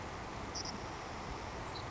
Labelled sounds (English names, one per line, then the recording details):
Savannah Sparrow
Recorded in Sonoma County, California